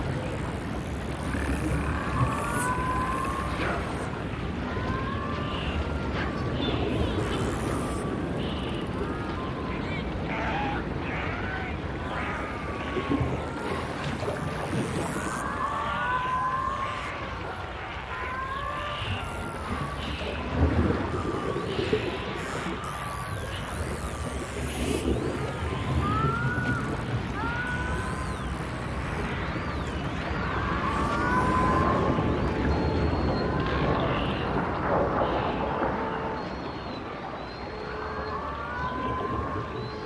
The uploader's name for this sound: Dolphins & Whales sounds